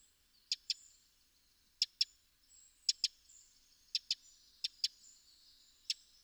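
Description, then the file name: Eurasian wren ticking, with several crisp double clicks about once a second and a final single click. "Troglodytes troglodytes"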